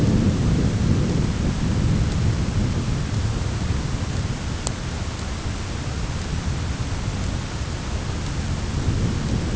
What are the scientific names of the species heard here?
none